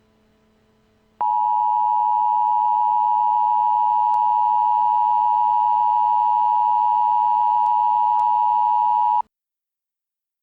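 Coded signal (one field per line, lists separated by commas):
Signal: Emergency Alert System (SAME) tones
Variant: 853 and 960 Hz attention tone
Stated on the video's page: Fictional horror EAS scenario, not a real alert.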